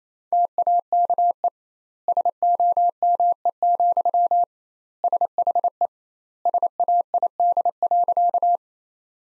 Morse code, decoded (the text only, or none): TAKE SOME, SHE SAID.